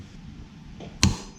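A click-type torque wrench set to 120 newton metres tightens the rear axle nut on a Yamaha Vmax motorcycle rear wheel, turning clockwise. After a low, quiet background, the wrench gives one sharp click at 1.0 s. The nut has reached the 120 newton metre setting.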